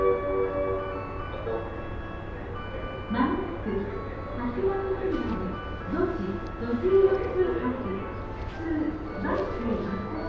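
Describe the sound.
A train ride on the Sanyo and Ako lines from Himeji to Banshu-Ako. A steady low rumble and constant humming tones run throughout, while a voice speaks in short phrases over them, louder from about three seconds on.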